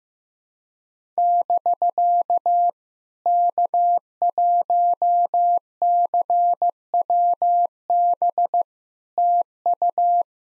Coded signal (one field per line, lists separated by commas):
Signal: Morse code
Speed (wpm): 15 wpm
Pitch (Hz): 700 Hz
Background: none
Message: <BK> K1CWB TU